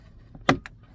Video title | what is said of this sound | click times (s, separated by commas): Chevrolet Traverse - CABIN AIR FILTER REPLACEMENT / REMOVAL (2009 - 2017) | To remove those, you just want to turn it counterclockwise until it clicks and then just pull it out. | 0.5 s